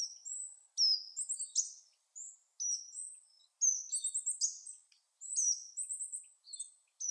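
Bird calls: a rapid run of very high, thin whistled notes, many sliding downward, in bursts separated by brief pauses.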